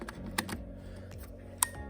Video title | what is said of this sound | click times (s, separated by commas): Canon M50 Proves You Don't Need Expensive Gear | you hear it click back in place. Easy. | 1.6 s